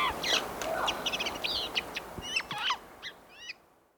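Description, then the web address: Jay calls, a rapid series of harsh, scratchy notes repeated several times a second, fading out toward the end over a steady hiss. "soundswild melodious jays"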